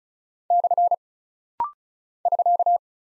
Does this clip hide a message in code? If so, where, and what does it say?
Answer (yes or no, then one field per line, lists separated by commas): yes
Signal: Morse code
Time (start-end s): 0.5-2.8 s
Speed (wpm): 36 wpm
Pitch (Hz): 700 Hz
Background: none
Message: / <SK>